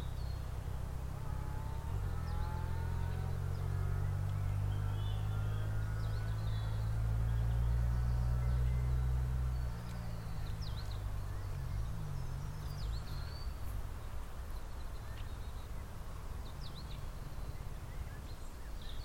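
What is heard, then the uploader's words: Spring birds chirp in short, scattered calls high above a heavy low rumble from a passing vehicle. The engine drone swells toward the middle, then eases off around ten seconds, leaving a steadier outdoor hum beneath the occasional bright chirps. Spring Bird Chirping. Recorded at Bad Fredeburg - Schmallenberg.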